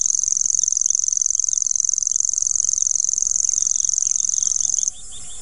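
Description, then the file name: Common grasshopper warbler reeling, an even, rapid buzzy trill lasting nearly five seconds before stopping. "grasshopper warbler omkicau"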